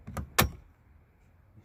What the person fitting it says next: Hear the pop. Snug.